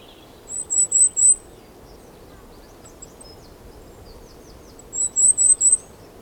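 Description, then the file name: Goldcrest song: two brief phrases of very high, sibilant repeated notes, each about a second long, separated by several seconds of soft background noise. Song, Europe. "Wintergoldhaehnchen Gesang Voegel in Europa"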